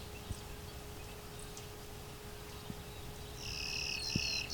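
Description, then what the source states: Clay-colored Sparrow buzzing song: two flat, insect-like buzzes near the end after quiet, over a steady low hum. Late June morning along a hydro corridor near Westover, Ontario; open thicket mixing field and shrubs; a western bird spreading east, close relative of field sparrow, rarely cross-breeding.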